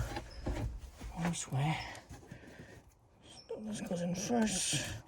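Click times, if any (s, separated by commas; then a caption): none. Someone talks while handling the under-seat wiring harness connector on a 2015 Honda Fit seat being reinstalled after an upholstery install, lining it up to push into its mating plug. Nothing has seated or clicked yet; the connector is not yet home.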